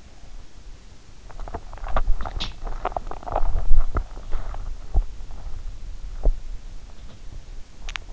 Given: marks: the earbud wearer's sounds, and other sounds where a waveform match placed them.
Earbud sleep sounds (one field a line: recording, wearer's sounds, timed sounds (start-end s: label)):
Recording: sounds in sleep by an in-ear microphone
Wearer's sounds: teeth grinding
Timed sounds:
1.59-8.13 s: teeth grinding